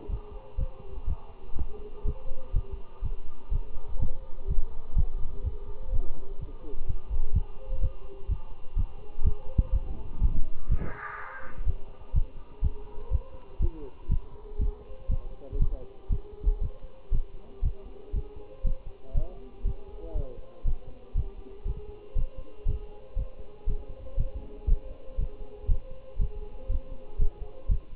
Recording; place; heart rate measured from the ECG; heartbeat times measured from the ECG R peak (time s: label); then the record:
heart sounds by stethoscope; between the tricuspid and mitral areas; 122 bpm
0.10 s: heartbeat
0.59 s: heartbeat
1.08 s: heartbeat
1.57 s: heartbeat
2.06 s: heartbeat
2.54 s: heartbeat
3.03 s: heartbeat
3.52 s: heartbeat
4.00 s: heartbeat
4.49 s: heartbeat
4.97 s: heartbeat
5.45 s: heartbeat
5.93 s: heartbeat
6.40 s: heartbeat
6.87 s: heartbeat
7.34 s: heartbeat
7.82 s: heartbeat
8.30 s: heartbeat
8.77 s: heartbeat
9.25 s: heartbeat
9.73 s: heartbeat
10.22 s: heartbeat
10.70 s: heartbeat
11.19 s: heartbeat
11.67 s: heartbeat
12.15 s: heartbeat
12.63 s: heartbeat
13.12 s: heartbeat
13.61 s: heartbeat
14.10 s: heartbeat
14.60 s: heartbeat
15.10 s: heartbeat
15.60 s: heartbeat
16.11 s: heartbeat
16.62 s: heartbeat
17.13 s: heartbeat
17.64 s: heartbeat
18.14 s: heartbeat
18.65 s: heartbeat
19.15 s: heartbeat
19.66 s: heartbeat
20.16 s: heartbeat
20.66 s: heartbeat
21.16 s: heartbeat
21.66 s: heartbeat
22.17 s: heartbeat
22.67 s: heartbeat
23.17 s: heartbeat
23.68 s: heartbeat
24.18 s: heartbeat
24.68 s: heartbeat
25.19 s: heartbeat
25.69 s: heartbeat
26.20 s: heartbeat
26.70 s: heartbeat
27.20 s: heartbeat
27.70 s: heartbeat
From the record:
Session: Bruce protocol treadmill stress test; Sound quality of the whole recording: good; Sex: male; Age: 25 years